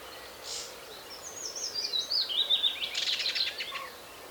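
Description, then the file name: Common chaffinch song: a high trill falling in pitch, breaking into a quick rattle of repeated notes at the end, over steady background hiss. "Fringilla coelebs"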